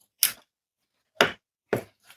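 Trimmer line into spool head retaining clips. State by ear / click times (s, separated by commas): seated / 0.2 s, 1.2 s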